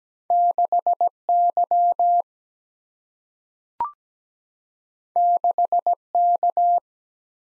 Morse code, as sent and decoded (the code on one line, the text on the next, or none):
-.... / -.-- / -.... / -.-
6 Y 6 K